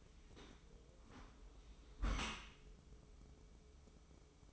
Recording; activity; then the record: daily activity, microphone in the room; close dishwasher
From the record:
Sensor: 1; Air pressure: 995.9 hPa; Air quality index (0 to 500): 62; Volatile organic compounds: 2 ppm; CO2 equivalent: 1252 ppm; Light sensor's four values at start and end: 32/110/42/44 and 32/110/42/44